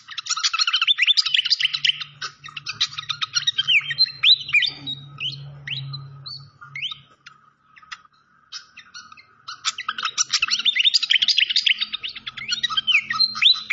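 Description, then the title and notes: Malaysian pied fantail song: fast tumbling chirps and slurred squeaky whistles in busy bursts, easing briefly midway, with a faint low hum beneath. Clear-voiced song used for training cage birds, mixed with the sound of flowing water. "Masteran Sikatan Kipas Suara Jernih Dan Suara Gemericik Air. Suara Burung Sikatan Londo"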